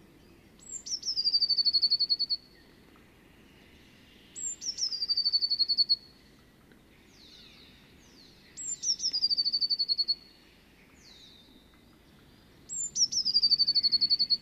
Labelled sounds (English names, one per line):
Eurasian Blue Tit song